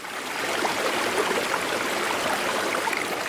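river water flowing

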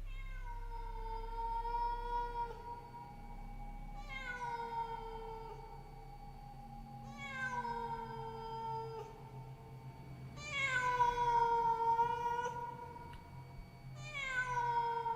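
cat yowling mournfully

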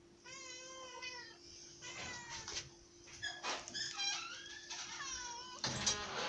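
cat meowing

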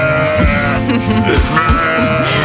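sheep bleating

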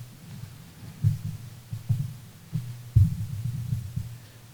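heartbeat sound effect

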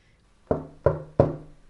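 knocking on a door

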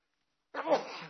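sneeze

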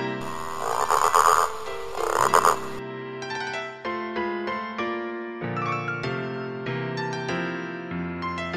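frog croaking

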